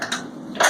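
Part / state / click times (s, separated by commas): compression device support leg into back plate / seated / 0.0 s, 0.1 s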